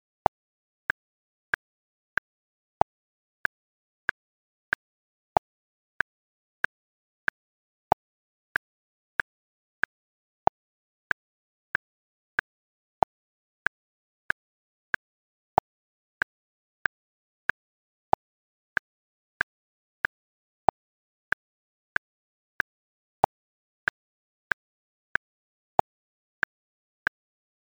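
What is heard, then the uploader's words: A metronome ticks at a steady 94 beats per minute in 4/4, sharp bright clicks with slight accents, separated by complete silence. 3-hour metronome set at a steady 94 BPM • 4/4 Time.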